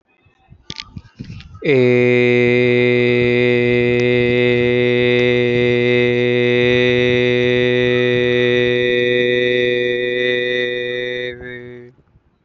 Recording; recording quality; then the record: sustained vowel as in made; moderate, slight background noise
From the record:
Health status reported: healthy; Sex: male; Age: 25 years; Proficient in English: yes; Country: India